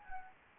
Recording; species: mosquito wingbeat signal from an infrared sensor; Anopheles gambiae